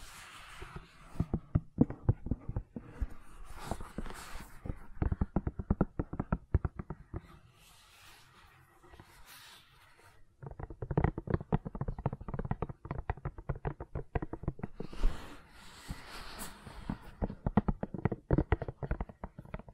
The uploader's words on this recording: ASMR Gentle Silicon Sounds for Sleep (No Talking).